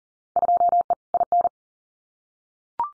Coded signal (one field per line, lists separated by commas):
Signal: Morse code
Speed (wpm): 41 wpm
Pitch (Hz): 700 Hz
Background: none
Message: 2E IN